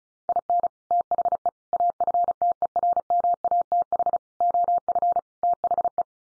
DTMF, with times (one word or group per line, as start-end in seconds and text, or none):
none